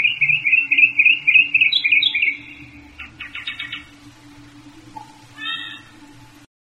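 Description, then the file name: Northern mockingbird song: a fast rolling note repeated many times, then a burst of rapid buzzy notes and a short phrase, over a low steady hum. "kicauan burung northern mockingbird. omkicau"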